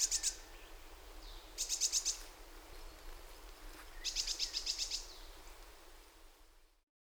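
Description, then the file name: Great tit calls: three short bursts of rapid, very high, clipped notes, spaced roughly two seconds apart, over a faint steady hiss. "Parus major"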